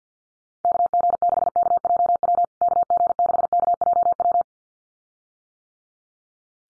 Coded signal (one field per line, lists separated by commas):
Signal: Morse code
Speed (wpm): 50 wpm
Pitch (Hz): 700 Hz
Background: none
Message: KG6KJW KG6KJW